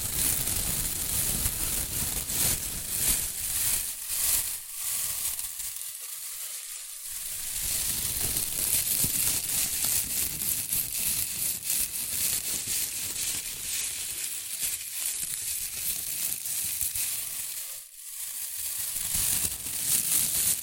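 Shredded tissue and packing peanuts rustle and crinkle almost without pause, a dense, crackly texture full of fast small crackles and hiss. The sound thins briefly around six to seven seconds and again near eighteen, then resumes at full density.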